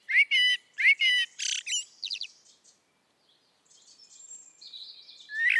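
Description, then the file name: Common blackbird giving a few repeated, harsh clucking notes, then faint high twittering and a squeak at the end. "Turdus merula"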